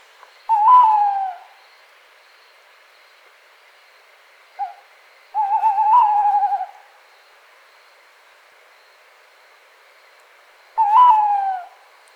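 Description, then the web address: Tawny owl hooting: a falling hoot, a pause, a short clipped note and a longer quavering hoot, then a few seconds later another falling hoot; otherwise quiet. "strix aluco call"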